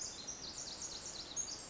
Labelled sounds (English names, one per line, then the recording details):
Pacific Wren
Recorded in Sonoma County, California